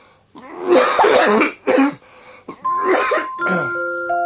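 A person with a sore throat gives a run of harsh, raspy coughs in four or five loud bursts, mixed with throat clearing, with a steady ringing tone starting partway through and lasting to the end.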